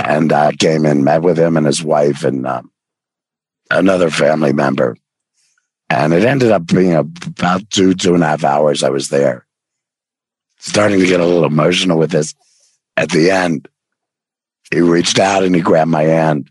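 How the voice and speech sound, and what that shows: A very low-pitched, somewhat rough and creaky adult male voice speaks in short phrases separated by pauses of about a second, yet remains clear and understandable. This is tracheoesophageal speech after total laryngectomy for stage four squamous cell carcinoma of the larynx, with the voice produced through a voice prosthesis rather than the larynx; he previously spoke with an electrolarynx.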